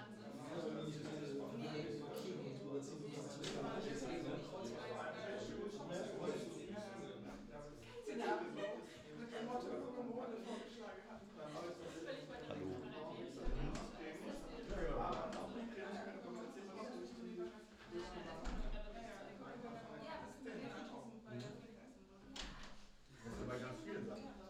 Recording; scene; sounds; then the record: everyday scene through a hearing-aid microphone; many people talking; many voices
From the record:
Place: bistro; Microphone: in the ear canal, left